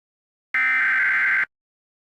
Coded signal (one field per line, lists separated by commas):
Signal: Emergency Alert System (SAME) tones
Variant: header bursts